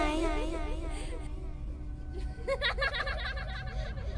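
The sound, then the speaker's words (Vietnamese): High-pitched children's voices chatter and giggle in quick bursts after midnight near the village well in front of the gate of a village communal house. A burst of bright laughter comes toward the end, all over a steady low rumbling hum. “Không chỉ có tiếng cười mà Sửu còn nghe rõ cả tiếng nói. Đích thị là giọng của trẻ con.”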